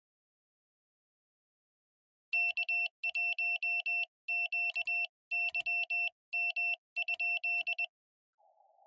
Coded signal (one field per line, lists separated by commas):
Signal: Morse code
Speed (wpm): 20 wpm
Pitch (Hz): 2700 Hz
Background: none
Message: K1QYM?